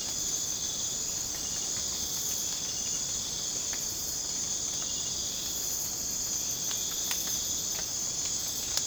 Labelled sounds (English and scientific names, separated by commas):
none